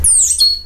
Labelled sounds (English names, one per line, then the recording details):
Stitchbird song
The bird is a male
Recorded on Tiritiri Matangi Island, New Zealand, in 2005
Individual 22, of nest box 31